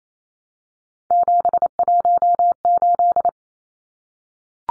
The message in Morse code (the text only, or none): 718